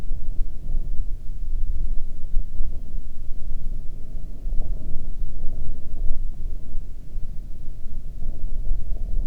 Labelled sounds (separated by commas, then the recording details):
wind
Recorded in the Prudhoe Bay oil fields, Alaska, on 20 May 2019 at 03:07
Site 11